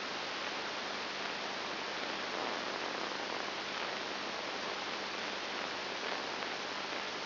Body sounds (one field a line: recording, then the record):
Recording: brain microelectrode recording played as sound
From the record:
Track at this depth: inside the subthalamic nucleus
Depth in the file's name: 4.901 mm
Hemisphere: left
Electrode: 3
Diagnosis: Parkinson's disease